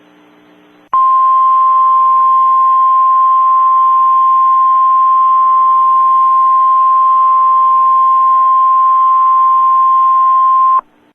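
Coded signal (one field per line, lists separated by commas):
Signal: Emergency Alert System (SAME) tones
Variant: 1050 Hz attention tone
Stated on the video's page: Simulated EAS tornado warning scenario, not a real alert.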